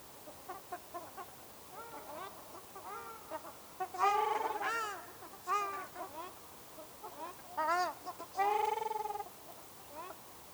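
Ruddy shelduck honking calls, soft nasal notes building to several loud drawn-out honks, over faint background.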